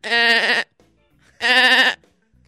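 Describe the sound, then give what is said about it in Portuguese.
A person imitates a goat with two loud, wavering bleats, each about half a second long and strongly harmonic, separated by a brief pause with faint sounds. “Você pareceu uma cabra agora.”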